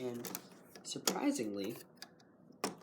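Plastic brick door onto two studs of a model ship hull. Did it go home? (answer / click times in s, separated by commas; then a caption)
yes / 2.6 s. Someone talks while closing the hinged rear door of a LEGO Star Wars UCS Republic Gunship, a plastic brick model starship, so it presses onto two studs of the hull. A sharp plastic click at 2.6 s marks the door seating, and it locks into place surprisingly well.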